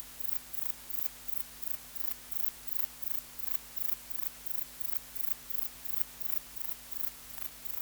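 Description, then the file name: Grey bush-cricket song: quick scratchy chirps, each a tiny cluster of pulses, repeated rhythmically almost three times a second, a low hum steady behind. "Platycleis albopunctata"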